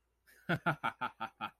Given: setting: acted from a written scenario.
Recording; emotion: vocal sound without words; amusement